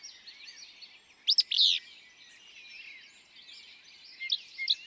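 Willow flycatcher singing one sharp, sneezy two-part phrase, quick clipped notes then a buzzy burst, over a steady high twittering chorus of other birds.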